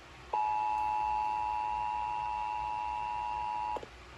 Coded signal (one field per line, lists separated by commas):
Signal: Emergency Alert System (SAME) tones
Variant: 853 and 960 Hz attention tone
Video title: EAS 900!!! - EAS Alerts From 9/2/23 - 9/6/23 (EAS #888-901)